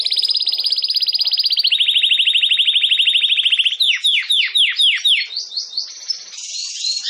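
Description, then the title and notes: Domestic canary song opens with a long, steady, rapid trill dropping slightly in pitch, followed by a series of deep swooping notes and brighter high rolls. Belgian canary breed (Canário Belga), singing. "Canário Belga Campainha Canary Singing. Canario Belga Cantando"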